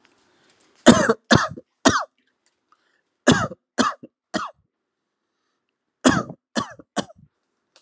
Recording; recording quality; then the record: shallow voluntary cough; excellent, no background noise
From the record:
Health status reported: healthy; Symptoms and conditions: hypertension, diabetes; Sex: male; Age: 46 years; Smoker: not ticked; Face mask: not worn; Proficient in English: yes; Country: India